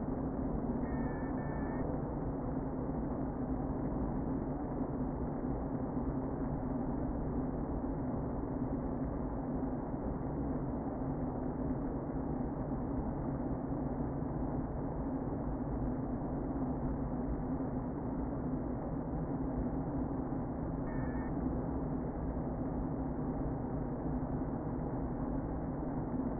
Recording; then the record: honeybee colony, microphone inside the hive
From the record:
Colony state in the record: queen present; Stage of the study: before two queens were removed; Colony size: about 60,000 bees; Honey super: yes